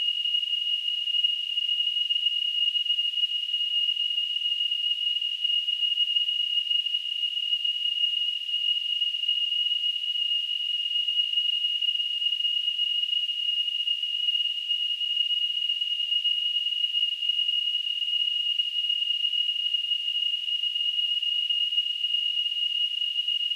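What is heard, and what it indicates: A steady, unbroken high-pitched tone with a soft hiss around it holds unchanged for about 24 seconds. It is a simulated tinnitus sound, recreating the constant ringing or whistling in the ears that someone with tinnitus hears.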